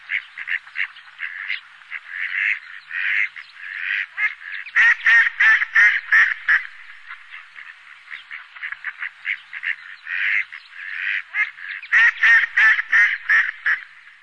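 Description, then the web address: Mallard quacks: rapid nasal quacking, bursts growing louder and busier in places, continuous throughout with no other clear sounds. "priroda-sakhalina-i-kuril Anas platyrhynchos"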